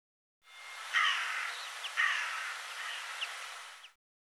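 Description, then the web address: Bird calls: two rough, grating notes a second apart, then several short thin chirps scattered through the rest, all over a constant hiss. "cianscape birddata Deverinetal 2025 Bird"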